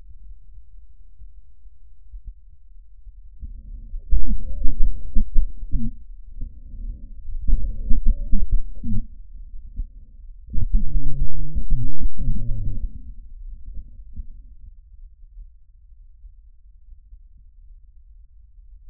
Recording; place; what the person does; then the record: lung sounds by stethoscope; trachea; quiet breathing, then cough and speech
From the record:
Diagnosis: interstitial lung disease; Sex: male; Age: 75 years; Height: 167 cm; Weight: 68 kg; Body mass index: 24.4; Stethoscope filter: bell mode